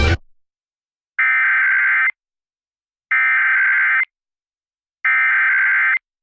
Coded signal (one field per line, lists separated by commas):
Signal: Emergency Alert System (SAME) tones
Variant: header bursts